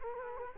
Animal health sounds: mosquito wingbeat signal from an infrared sensor; Culex quinquefasciatus

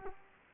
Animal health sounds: mosquito wingbeat signal from an infrared sensor; Culex quinquefasciatus

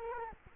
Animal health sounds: mosquito wingbeat signal from an infrared sensor; Culex quinquefasciatus

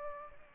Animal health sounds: mosquito wingbeat signal from an infrared sensor; Aedes aegypti

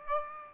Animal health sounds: mosquito wingbeat signal from an infrared sensor; Aedes aegypti

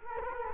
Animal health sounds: mosquito wingbeat signal from an infrared sensor; Culex quinquefasciatus

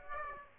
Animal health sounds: mosquito wingbeat signal from an infrared sensor; Aedes aegypti

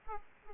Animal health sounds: mosquito wingbeat signal from an infrared sensor; Aedes aegypti

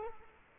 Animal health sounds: mosquito wingbeat signal from an infrared sensor; Culex quinquefasciatus

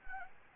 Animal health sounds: mosquito wingbeat signal from an infrared sensor; Anopheles arabiensis

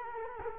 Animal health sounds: mosquito wingbeat signal from an infrared sensor; Culex quinquefasciatus

